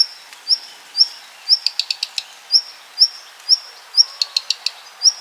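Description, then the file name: Black redstart alarm: a short high whistle about twice a second, twice broken by a quick run of dry tick notes. Call and alarm call. "Hausrotschwanz Ruf Alarmruf"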